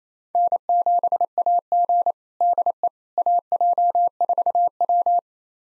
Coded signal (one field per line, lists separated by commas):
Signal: Morse code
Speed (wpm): 28 wpm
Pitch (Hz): 700 Hz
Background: none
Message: N7AG DE AJ4W